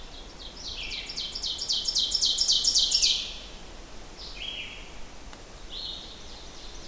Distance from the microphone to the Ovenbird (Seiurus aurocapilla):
about 10 m